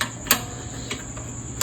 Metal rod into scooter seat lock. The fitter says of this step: So, இதுக்கு பெருசா இருக்குறதுனால லாக் ஆகல இந்த கம்பி.